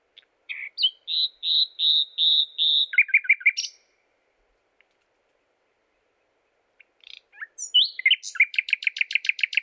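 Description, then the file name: Common nightingale song with a series of drawn-out piping whistles, a quick chattering burst, silence, then a long rapid trill of repeated notes. "Luscinia megarhynchos"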